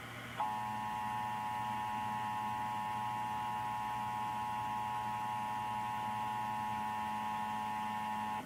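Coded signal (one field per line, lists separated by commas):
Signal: Emergency Alert System (SAME) tones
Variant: 853 and 960 Hz attention tone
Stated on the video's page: Compilation of EAS required weekly and monthly tests from radio and TV stations, one a failed test.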